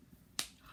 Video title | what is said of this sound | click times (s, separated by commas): Story time with Stacy | did you hear it my markers closed | 0.4 s